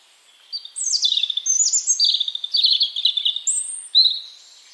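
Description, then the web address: European robin song, one long continuous phrase of high sweet notes, fast trills and descending slurs. "Deverinetal 2025 File origin Bird Only Er Ru"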